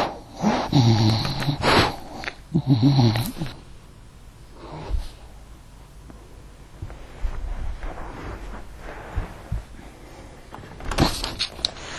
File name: Bulldog Snort